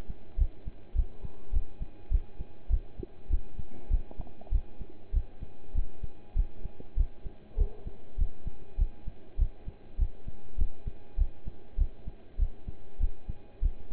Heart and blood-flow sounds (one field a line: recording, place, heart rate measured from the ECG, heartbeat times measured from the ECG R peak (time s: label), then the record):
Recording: heart sounds by stethoscope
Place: between the tricuspid and mitral areas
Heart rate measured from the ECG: 100 bpm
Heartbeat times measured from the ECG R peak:
0.37 s: heartbeat
0.95 s: heartbeat
1.52 s: heartbeat
2.11 s: heartbeat
2.69 s: heartbeat
3.29 s: heartbeat
3.90 s: heartbeat
4.51 s: heartbeat
5.13 s: heartbeat
5.74 s: heartbeat
6.35 s: heartbeat
6.96 s: heartbeat
7.57 s: heartbeat
8.17 s: heartbeat
8.78 s: heartbeat
9.38 s: heartbeat
9.98 s: heartbeat
10.57 s: heartbeat
11.17 s: heartbeat
11.77 s: heartbeat
12.38 s: heartbeat
12.99 s: heartbeat
13.62 s: heartbeat
From the record:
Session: pedaling a stationary bicycle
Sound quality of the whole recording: partially saturated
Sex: male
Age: 27 years